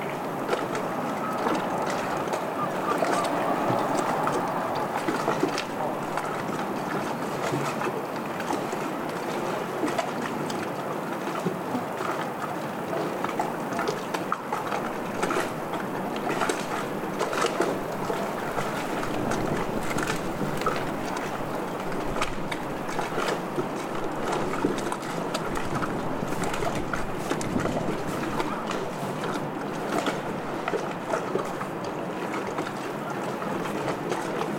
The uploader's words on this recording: Stormy Harbour Ambiance | City of Bristol. This field recording soundscape captures the vibrant ambiance of a stormy harbor.